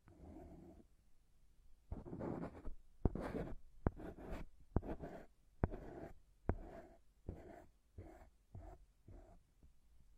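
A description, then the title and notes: Plants are rubbed in circles around the ears, a soft rustling swish in bursts, with sharp crackling snaps roughly every second from three seconds on. Massage the ears with plants, make circles around your ears.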